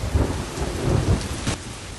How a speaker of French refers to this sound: à certains sons bas et vagues qui partaient je ne sais d'où et qui m'arrivaient à de longs intervalles à travers les accalmies de la tempête